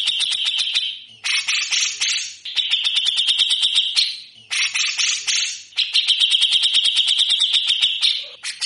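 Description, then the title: Grey-cheeked bulbul delivering rough, rattling phrases of rapid clipped notes, each burst lasting one to three seconds with short breaks between them. Vigorously singing bird with the harsh rattling song style called besetan kasar. "MASTERAN CUCAK JENGGOT GACOR FULL BESETAN KASAR"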